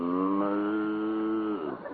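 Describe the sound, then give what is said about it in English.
A single long cow moo on a farm, a steady low, droning bellow that holds for over a second before sliding down in pitch and trailing off. No talking is heard. “Cows.”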